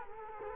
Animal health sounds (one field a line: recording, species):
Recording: mosquito wingbeat signal from an infrared sensor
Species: Culex quinquefasciatus